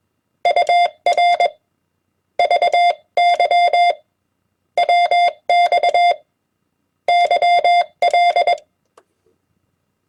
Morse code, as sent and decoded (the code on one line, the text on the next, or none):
..- .-. / ...- -.-- / .-- -..- / -.-- .-..
UR VY WX YL